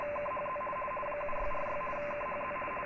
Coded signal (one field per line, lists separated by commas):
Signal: RTTY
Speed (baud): 50 baud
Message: KHZ 7646 KHZ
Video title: Nooelec V5 RTL SDR vs SDRplay RSP2pro ► Kurzwelle Shortwave